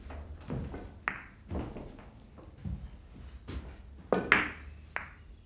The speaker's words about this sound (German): Als ich zurückkam, hörte ich aus dem Nebenraum das typische Klicken von Billardbällen. Ich schaute kurz rein und achtete mehr auf die Kugeln als auf den Spieler.